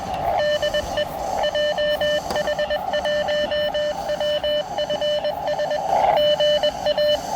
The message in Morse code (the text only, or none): DE JH1WFS GA